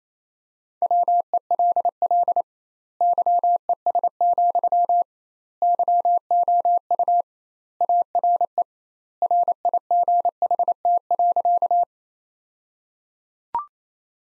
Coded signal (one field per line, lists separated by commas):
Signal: Morse code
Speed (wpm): 27 wpm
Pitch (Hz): 700 Hz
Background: none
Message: WELL YES, YOU ARE RIGHT.